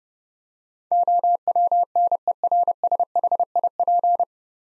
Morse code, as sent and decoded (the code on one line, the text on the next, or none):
--- .-- -. . .-. ... .... .. .--.
OWNERSHIP